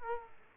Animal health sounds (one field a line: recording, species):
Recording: mosquito wingbeat signal from an infrared sensor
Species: Aedes aegypti